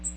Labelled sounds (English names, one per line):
Magnolia Warbler flight call